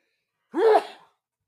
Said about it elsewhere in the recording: I sneeze and you can hear one of my guitars ringing in the background.